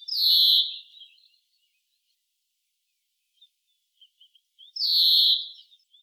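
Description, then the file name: European greenfinch calls: two drawn-out, buzzy wheezes, one at the start and another about five seconds later, with faint scattered chirps between. "Chloris chloris"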